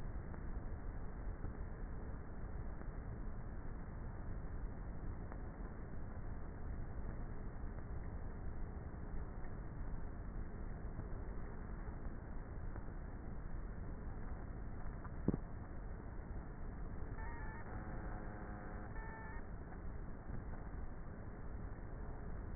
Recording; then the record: honeybee colony, microphone inside the hive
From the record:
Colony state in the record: queenless with a low population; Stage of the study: before two queens were removed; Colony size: about 30,000 bees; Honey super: no